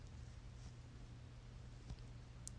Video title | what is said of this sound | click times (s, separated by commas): EASY way to protect your 2018-2021 Honda Accord key fob | Just line it up and you just got to push and it snaps in place. | 2.5 s